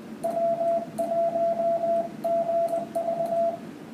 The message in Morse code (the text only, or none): W1GV